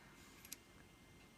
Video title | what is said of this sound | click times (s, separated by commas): Singer 306 Sewing Machine Demonstration | and I'll just snap into place | 0.5 s